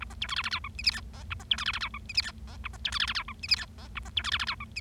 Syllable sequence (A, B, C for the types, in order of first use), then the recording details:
A B C D E E F G H I J K A B C D E E F G H I J K A B C D E E F G H I J K A B C D E E F G H. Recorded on 25 March 2012 at 18:44. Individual gy6or6